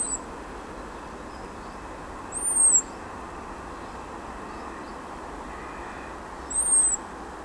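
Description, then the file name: European robin giving thin, very high, slightly arched seee calls, three at uneven intervals, over a steady low rumbling background noise. "Erithacus rubecula"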